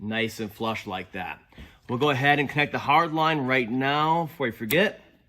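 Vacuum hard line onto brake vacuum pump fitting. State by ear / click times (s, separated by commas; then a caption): not seated / none. Someone talks while preparing to connect the plastic vacuum hard line's quick-connect onto the fitting of a new electric brake vacuum pump on a 2011-2012 Ford F-150 3.5L EcoBoost, replaced because of a hard brake pedal. Only speech is heard; the line has not been pushed on, and nothing has clipped or seated yet.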